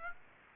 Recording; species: mosquito wingbeat signal from an infrared sensor; Aedes aegypti